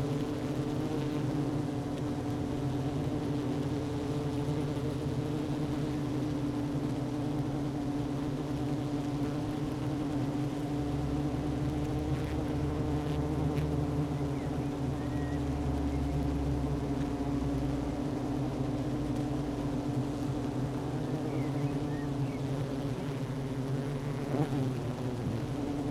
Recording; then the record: honeybee colony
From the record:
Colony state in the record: active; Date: 12 June 2018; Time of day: 11:08